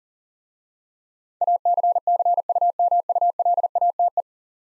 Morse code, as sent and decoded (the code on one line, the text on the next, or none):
.- -.-. -.-. ..- -- ..- .-.. .- - .
ACCUMULATE